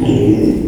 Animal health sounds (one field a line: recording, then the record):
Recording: squeal of a Yucatan mini pig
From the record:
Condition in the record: before surgery on the right vocal fold (resection and tissue-engineered implant)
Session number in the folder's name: 1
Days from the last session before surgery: -3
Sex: male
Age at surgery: 12 weeks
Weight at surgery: 13 kg